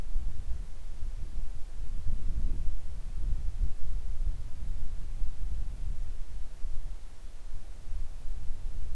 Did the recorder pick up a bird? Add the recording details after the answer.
yes. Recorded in the Arctic National Wildlife Refuge, Alaska, on 3 August 2019 at 10:44. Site 41